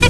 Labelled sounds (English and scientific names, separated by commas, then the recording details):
Zebra Finch (Taeniopygia guttata) stack call
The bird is a male
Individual mal5